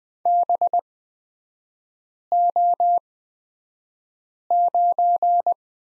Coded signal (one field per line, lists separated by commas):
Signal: Morse code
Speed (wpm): 20 wpm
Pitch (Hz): 700 Hz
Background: none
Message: BO9